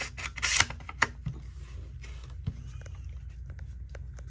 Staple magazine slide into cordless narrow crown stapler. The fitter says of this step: push it until you hear the click